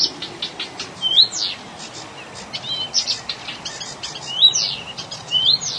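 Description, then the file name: Blyth's reed warbler song, rapid clicks and buzzy notes interspersed with high upslurred whistles, continuing without pause. "kamyshovka sadovaja"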